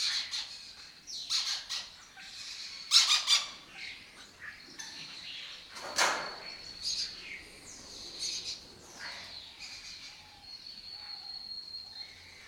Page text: Lesser Kestrels Took Over an Abandoned Building - wp.earth.fm. A migratory raptor wich spends its foraging time in West Africa and breeds in southern Europe. Here in Doñana